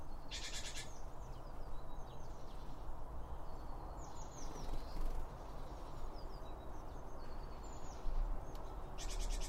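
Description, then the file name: Birds making faint high whistles and short chirps, a couple of bright downward notes, against steady low rumble and brief loud hissing bursts at start and end. Birds around a bird feeder, recorded with two Line Audio OM1 microphones. "Birds Around Birdfeeding With Two Om 1 From Line Audio"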